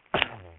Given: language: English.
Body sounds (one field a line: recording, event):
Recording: throat vibration sensor signal played as sound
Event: speech